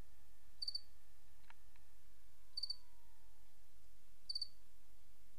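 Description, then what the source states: Cricket giving three high three-pulse chirps nearly two seconds apart, with a faint falling tone in the background and low hiss. 28 August 2007; white-noise crickets.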